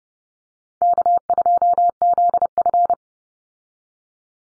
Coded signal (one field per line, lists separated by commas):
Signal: Morse code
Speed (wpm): 30 wpm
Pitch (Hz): 700 Hz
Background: none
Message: K2ZF